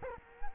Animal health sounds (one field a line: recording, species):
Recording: mosquito wingbeat signal from an infrared sensor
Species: Culex quinquefasciatus